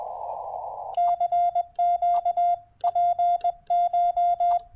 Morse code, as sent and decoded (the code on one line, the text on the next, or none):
-.-. --.- / .--. ----
CQ PCH